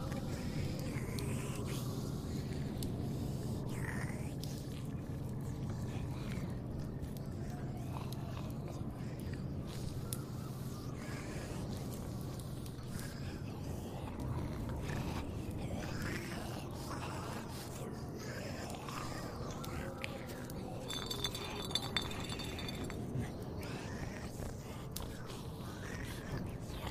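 Zombie moans and wet biting, chewing sounds roll over a thick, steady low rumble. Throaty groans rise and fall every few seconds among frequent clicks and squelches, and around twenty-one seconds a thin, high ringing tone briefly cuts through.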